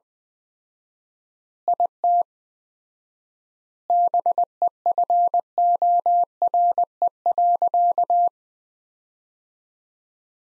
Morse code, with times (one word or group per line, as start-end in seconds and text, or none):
1.7-2.2 IT
3.9-8.3 BEFORE.